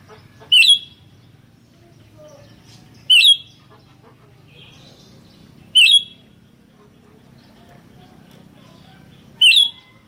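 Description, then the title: Sooty-headed bulbul giving a loud, sharp whistled note about every three seconds, four in all, with faint chirps between. "kutilang"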